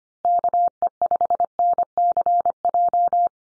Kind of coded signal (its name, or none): Morse code